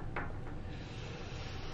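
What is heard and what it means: An XLR cable connector is turned and lined up with the lip on an audio recorder's input after the wrong end of the cable was picked up first. A short handling rustle comes at about 0.2 s, a fainter one near 0.5 s, and a steady low background noise runs throughout. Nothing has clicked or seated yet; the connector is only aligned, not clipped in.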